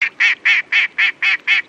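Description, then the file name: Duck quacking, seven loud nasal quacks in quick succession, about four per second, evenly spaced with brief silences between. "Wildlife Duck"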